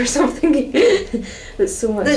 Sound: laughs

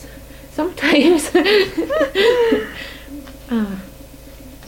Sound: laughs

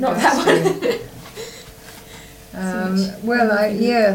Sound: laughs

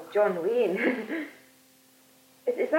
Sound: laughs

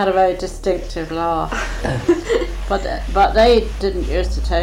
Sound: laughs

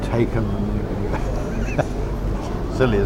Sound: laughs

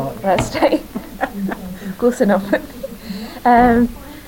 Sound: laughs

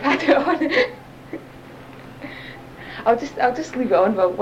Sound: laughs

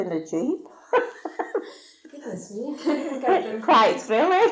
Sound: laughs

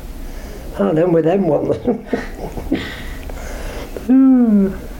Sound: laughs

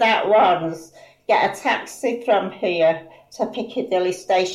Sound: none

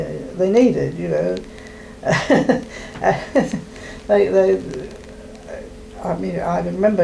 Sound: laughs

